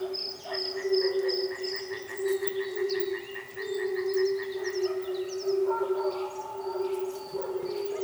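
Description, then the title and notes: Frog chorus with a continuous low hum and quick pulsed croaking that fades after about five seconds, while higher whistled notes and chirps come and go. Frogs recorded at a frog reservation in Manušice, Česká Lípa, Czechia. "Manušice 28, 471 11 Česká Lípa, Česko - Frogs. Frog reservation"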